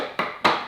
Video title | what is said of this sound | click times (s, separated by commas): Cheap pottery wheel review + unboxing // would I recommend it? | you have to press quite hard to get the splash B like locked into place | 0.2 s, 0.5 s